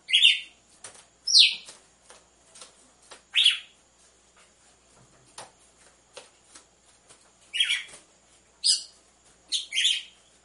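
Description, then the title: Red-cowled cardinal song: bright, scratchy chirps given singly or in close pairs, with dry clicking sounds between. Female song, used to warm up males; with the beat of two males. "Canto Galo Campina Fêmea 01. ESQUENTE GALO DE CAMPINA COM BATIDA DE DOIS MACHOS"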